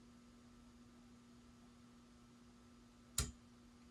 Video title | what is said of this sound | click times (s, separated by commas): ASUS ProArt PA602 Tower Comprehensive Unpack, Close Look and Build for Beginners - For any PC Brand | There it goes, that little click. Now I know the threads lined up. | 3.2 s